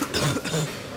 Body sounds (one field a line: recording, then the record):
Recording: coughing mixed with background sound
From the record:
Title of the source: Wet coughing